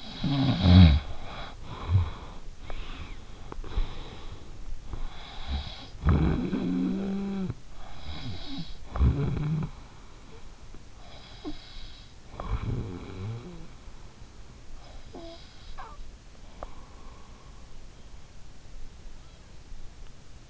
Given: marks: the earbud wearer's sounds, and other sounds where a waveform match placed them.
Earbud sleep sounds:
sounds in sleep by an in-ear microphone; snoring breath
0.00-13.96 s: snoring breath

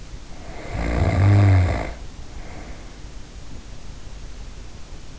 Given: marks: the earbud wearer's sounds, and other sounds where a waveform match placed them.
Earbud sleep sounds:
sounds in sleep by an in-ear microphone; snoring breath
0.30-3.24 s: snoring breath

